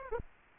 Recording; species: mosquito wingbeat signal from an infrared sensor; Aedes aegypti